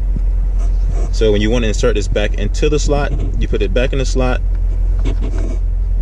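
An SD memory card, 32 GB or smaller, is handled at the performance data recorder card slot of a Chevy Corvette C7 Grand Sport while someone talks over a low, steady rumble. The card is about to be pushed back into the slot until it latches, but nothing has seated or clicked yet.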